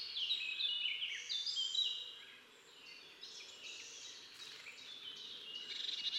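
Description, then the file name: Marsh tit calling: rapid high descending notes tumbling together for about two seconds, followed by softer scattered high notes fading in and out. "Poecile palustris"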